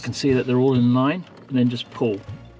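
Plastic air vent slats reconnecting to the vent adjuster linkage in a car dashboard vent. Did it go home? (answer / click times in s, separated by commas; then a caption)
no / none. Someone talks while the plastic air vent slats in a Fiat 500 dashboard vent are lined up, without removing the vent, so the adjuster linkage can be pulled with a wire hook to re-engage them with the adjuster handle. Nothing has clicked or seated yet when the clip ends.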